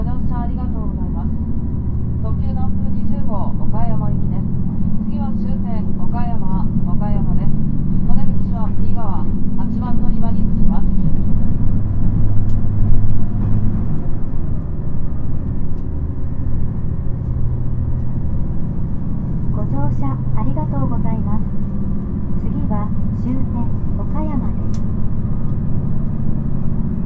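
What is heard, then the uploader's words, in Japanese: A diesel railcar runs with a heavy, steady low rumble throughout, while voices speak over it early on and again near the end. JR四国 2700系気動車 南風20号 琴平から岡山まで。四国旅客鉄道2700系気動車の走行音です。今回は３回目で、児島発車後から岡山到着までです。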